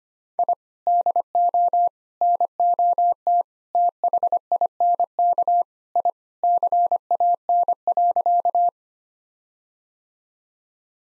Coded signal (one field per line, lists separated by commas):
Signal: Morse code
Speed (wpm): 25 wpm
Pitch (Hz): 700 Hz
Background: none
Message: I DO NOT THINK I CAN.